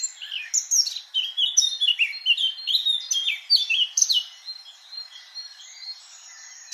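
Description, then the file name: Eurasian blackcap song, a rapid run of sweet warbled notes for about four seconds, then fading to a few faint notes. "Sylvia atricapilla"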